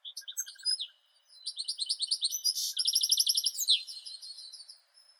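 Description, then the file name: European goldfinch singing a quick tinkling warble that runs into a rapid rattling trill of high, bright notes. "Golosa ptic - CSHegol Carduelis carduelis"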